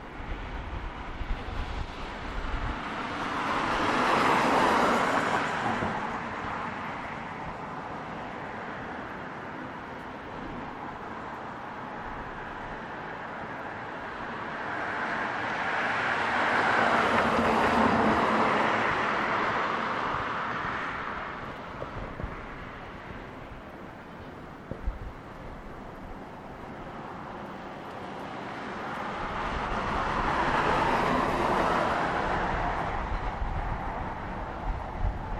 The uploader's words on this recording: Traffic.